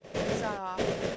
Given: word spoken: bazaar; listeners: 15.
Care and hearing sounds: one English word in noise, from a listening test; noise modulated by three-talker babble; -5.4 dB; 0 of 15; 10 of 15; 0.76 s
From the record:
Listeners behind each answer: 10, 3, 1, 1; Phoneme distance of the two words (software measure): 10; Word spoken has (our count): 2 syllables, 4 phonemes, stress on syllable 2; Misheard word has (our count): 2 syllables, 4 phonemes, stress on syllable 2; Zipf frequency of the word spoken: 2.90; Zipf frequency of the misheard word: 4.22

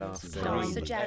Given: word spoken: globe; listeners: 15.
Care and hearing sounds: one English word in noise, from a listening test; four-talker babble; -2.5 dB; 0 of 15; 8 of 15; 0.67 s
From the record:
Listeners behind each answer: 8, 2, 1, 1, 1, 1, 1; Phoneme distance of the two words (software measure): 40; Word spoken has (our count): 1 syllable, 4 phonemes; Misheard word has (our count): 2 syllables, 4 phonemes, stress on syllable 1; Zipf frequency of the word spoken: 4.07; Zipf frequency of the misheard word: 5.94

